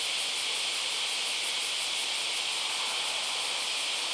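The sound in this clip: Cicada buzzing in a steady, unbroken high-pitched drone with a faint rapid pulsing throughout; no other sounds stand out.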